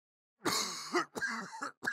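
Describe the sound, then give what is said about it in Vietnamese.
Three harsh, breathy coughs from a gravely ill man in quick succession, the first longest and the last cut short, loud and rasping with no talking around them. “Nghị nghe vậy thì nặng nhọc gật đầu, rồi ho lên mấy tiếng.”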